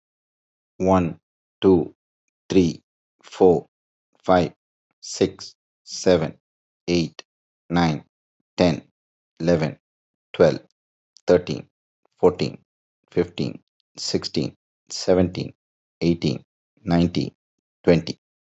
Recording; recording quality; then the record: counting at a normal pace; excellent, no background noise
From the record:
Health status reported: healthy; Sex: male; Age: 52 years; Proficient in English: yes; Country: India